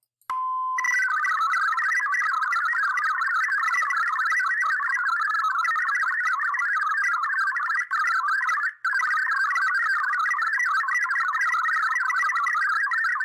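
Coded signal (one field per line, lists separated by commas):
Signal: multi-tone FSK (Olivia or MFSK type)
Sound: short steady tone, then rapid warbling stream of hopping musical tones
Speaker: so we only record the transmission so here we go [Music] [Music] [Music] okay that should be it you will have heard that we escaped the recording back to receive mode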